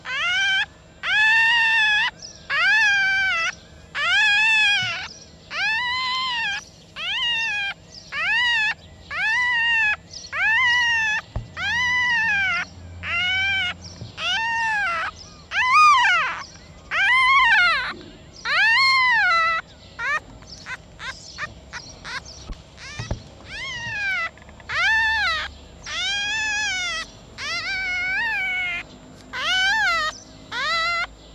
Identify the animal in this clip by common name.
Red Fox